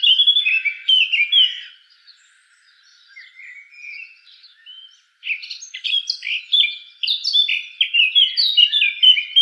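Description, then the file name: Eurasian blackcap warbling song, a bright burst of chattering notes, then a quieter subdued stretch before a second loud jumbled phrase resumes. "Sylvia atricapilla"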